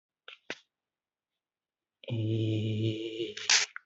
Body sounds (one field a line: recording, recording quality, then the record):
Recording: sustained vowel as in made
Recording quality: excellent, no background noise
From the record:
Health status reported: healthy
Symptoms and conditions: cough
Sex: male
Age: 18 years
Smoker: not ticked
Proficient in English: yes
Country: India